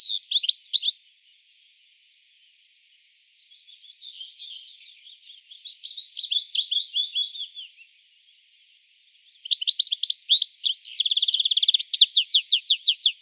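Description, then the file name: European goldfinch song: bright, rapid tinkling twitters and a dry buzzy trill, in bursts separated by near-silent gaps, with a softer warbling passage in the middle. "Carduelis carduelis"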